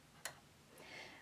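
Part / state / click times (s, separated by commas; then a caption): knitting machine part reaching its end stop / seated / 0.2 s. A knitting machine part, moved by hand while pulling long loops, reaches the end of its travel and hits a built-in stop. A sharp, bright click sounds at 0.2 s against a quiet background, followed by a faint higher hiss around 0.8–1.2 s. The part is seated against its end stop.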